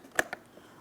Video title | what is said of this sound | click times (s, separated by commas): How to Replace Door Lock Switch 2004-2008 Pontiac Grand Prix | Audible click from that and it's secured. | 0.2 s